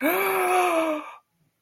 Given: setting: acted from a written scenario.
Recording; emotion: vocal sound without words; sadness